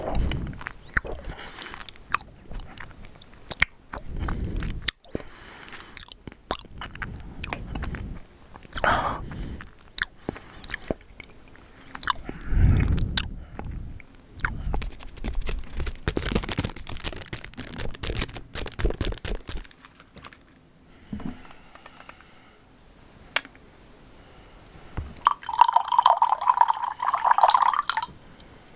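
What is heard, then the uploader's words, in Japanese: Someone eats a soft Japanese sweet, with moist, sticky chewing, small bites and clicky wet mouth sounds coming in irregular bursts. Around twenty seconds it grows quiet, then near the end a brief higher squeaky tone appears. 生菓子を食べる音。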